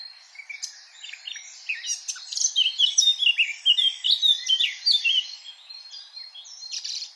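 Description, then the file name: Eurasian blackcap singing a rapid, varied warble of chirps and short whistles, strongest in the middle, trailing off into softer notes at the end. "Sylvia atricapilla"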